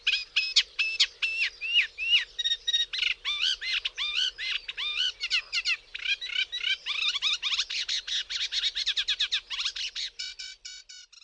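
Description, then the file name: Reed warbler singing a continuous stream of harsh chirps and churring notes, speeding into a quicker rattle near the end. "TRZCINNICZEK"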